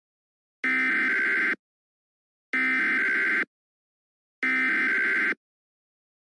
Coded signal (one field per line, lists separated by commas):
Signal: Emergency Alert System (SAME) tones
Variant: header bursts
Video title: Ice Storm Warning Update (EAS #15) 2022/02/03